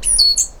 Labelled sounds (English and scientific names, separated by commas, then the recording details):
Stitchbird (Notiomystis cincta) song
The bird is a male
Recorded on Tiritiri Matangi Island, New Zealand, in 2005
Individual 10, of nest box 12